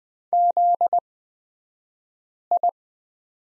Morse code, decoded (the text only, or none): ZI